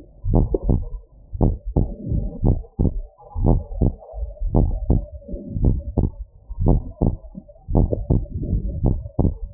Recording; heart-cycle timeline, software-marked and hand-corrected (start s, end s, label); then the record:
heart sounds
0.00	0.32	diastole
0.32	0.48	S1
0.48	0.68	systole
0.68	0.82	S2
0.82	1.42	diastole
1.42	1.56	S1
1.56	1.78	systole
1.78	1.88	S2
1.88	2.44	diastole
2.44	2.58	S1
2.58	2.80	systole
2.80	2.90	S2
2.90	3.42	diastole
3.42	3.60	S1
3.60	3.80	systole
3.80	3.94	S2
3.94	4.54	diastole
4.54	4.70	S1
4.70	4.90	systole
4.90	5.04	S2
5.04	5.62	diastole
5.62	5.78	S1
5.78	6.02	systole
6.02	6.12	S2
6.12	6.64	diastole
6.64	6.80	S1
6.80	7.02	systole
7.02	7.14	S2
7.14	7.74	diastole
7.74	7.90	S1
7.90	8.10	systole
8.10	8.22	S2
8.22	8.82	diastole
8.82	8.96	S1
8.96	9.20	systole
9.20	9.32	S2
9.32	9.54	diastole
From the record:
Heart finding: abnormal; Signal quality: good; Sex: female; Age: 48 years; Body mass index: 35.4